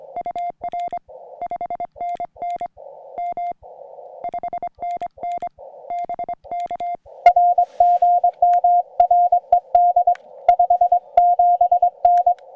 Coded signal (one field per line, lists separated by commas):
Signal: Morse code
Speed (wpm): 22 wpm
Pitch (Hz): 700 Hz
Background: music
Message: UR 5NN M 5NN BK R GM RED 57N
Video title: 5 watts for Summits on the Air on VHF, HF and CW